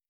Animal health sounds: hydrophone in a shrimp aquaculture tank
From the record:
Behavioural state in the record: starved

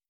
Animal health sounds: hydrophone in a shrimp aquaculture tank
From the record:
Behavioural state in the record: starved

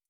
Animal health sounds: hydrophone in a shrimp aquaculture tank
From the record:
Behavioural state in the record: feeding

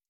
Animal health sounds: hydrophone in a shrimp aquaculture tank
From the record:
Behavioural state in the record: stressed

